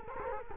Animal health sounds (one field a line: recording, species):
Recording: mosquito wingbeat signal from an infrared sensor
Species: Culex quinquefasciatus